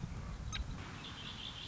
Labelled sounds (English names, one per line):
Red-winged Blackbird